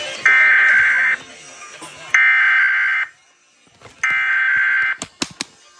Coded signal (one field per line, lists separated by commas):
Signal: Emergency Alert System (SAME) tones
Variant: header bursts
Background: speech